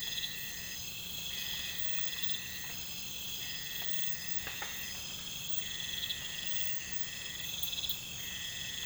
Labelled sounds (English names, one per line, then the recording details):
none
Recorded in pastures near Puerto Asís, Putumayo, Colombia, on 20 December 2024 at 01:30
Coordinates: 0.472, -76.329
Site G072